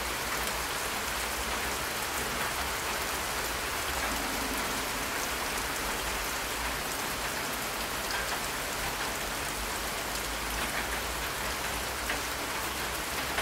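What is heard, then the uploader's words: Steady rain falls throughout, a dense, even hiss of drops striking surfaces, with fine crackling detail across the upper range. The level holds constant from start to finish, with a faint low rumble underneath and no distinct thunderclap. Rain & Thunder Sounds. 2 hours of rain noise and thunder noise.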